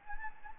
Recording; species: mosquito wingbeat signal from an infrared sensor; Anopheles gambiae